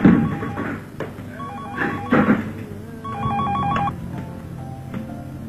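A telephone rings with an electronic, melodic tone as a call is placed, bursts of bright beeping notes repeating over several seconds, fairly loud against a faint background with a few soft knocks.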